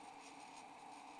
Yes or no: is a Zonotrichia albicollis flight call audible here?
no